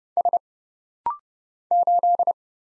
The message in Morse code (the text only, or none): S 8